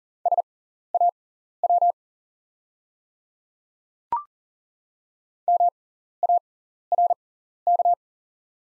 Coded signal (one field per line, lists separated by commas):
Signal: Morse code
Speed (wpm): 40 wpm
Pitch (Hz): 700 Hz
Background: none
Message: SAW MARK